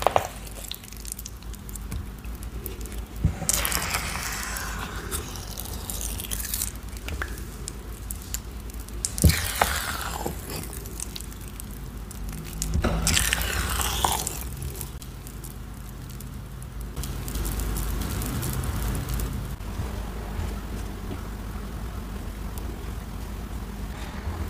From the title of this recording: Dyed Chalk Cubes, Cornstarch Crunchies, Paste Mixing, Pouring into Molds